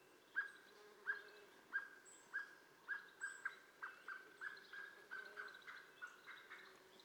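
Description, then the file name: Common blackbird calling with a steady run of short, sharp notes that quicken and grow fainter toward the end, over a low hum and faint high chirps. "Turdus merula"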